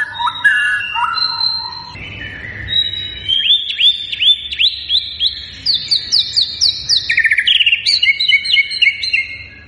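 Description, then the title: White-rumped shama singing varied whistled phrases, a short quieter pause, then a fast series of ringing notes and sharp chips. Lure recording of a strongly singing (gacor) white-rumped shama, used to make birds respond. "PANCINGAN MURAI BATU GACOR, SEKALI DENGAR LANGSUNG RESPON"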